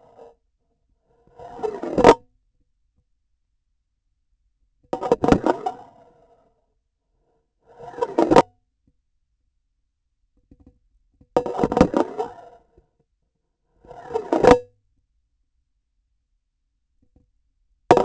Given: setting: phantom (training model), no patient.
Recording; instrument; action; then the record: laparoscopic instrument, vibration sensor on the handle end; grasping forceps; insertion and removal through the trocar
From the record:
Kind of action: spatial motion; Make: Olympus